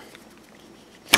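A PVC pipe is pulled straight out of a snap-fit 3D-printed plastic bracket with a little force. After a second of quiet low rustling, it releases with a loud, sharp pop at 1.1 s, and the pipe comes free of the bracket.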